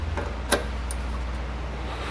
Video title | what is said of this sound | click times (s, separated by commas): Air Lift WirelessAIR Compressor System for Air Helper Springs Installation - 2019 Ford F-250 Super D | there we go just as I thought now it's locked into place so | 0.5 s